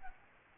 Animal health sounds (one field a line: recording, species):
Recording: mosquito wingbeat signal from an infrared sensor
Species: Aedes albopictus